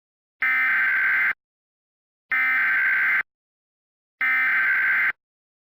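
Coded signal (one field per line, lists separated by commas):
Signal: Emergency Alert System (SAME) tones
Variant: header bursts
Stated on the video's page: Requested fictional EAS scenario for a Georgia power plant emergency, not real.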